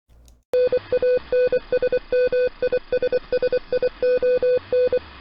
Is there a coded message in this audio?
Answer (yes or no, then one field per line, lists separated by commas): yes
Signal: Morse code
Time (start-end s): 0.5-5.0 s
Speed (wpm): 24 wpm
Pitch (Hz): 500 Hz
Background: none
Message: NANSMISSION